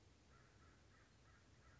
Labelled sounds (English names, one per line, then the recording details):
American Crow
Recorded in Sonoma County, California